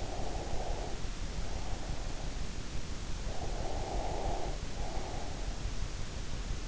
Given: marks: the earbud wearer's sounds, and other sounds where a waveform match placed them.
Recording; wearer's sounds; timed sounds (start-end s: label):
sounds in sleep by an in-ear microphone; breath
0.03-2.25 s: breath
3.42-5.70 s: breath